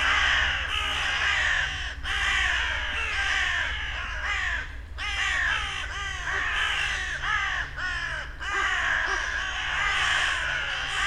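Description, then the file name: Carrion Crow caws from several birds overlapping in a dense, harsh chorus, calls rising and falling in pitch, with a steady low hum underneath. "Corvus corone"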